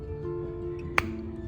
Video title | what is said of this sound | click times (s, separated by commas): Valve cover gasket replacement on my VVT miata | yep click just | 1.0 s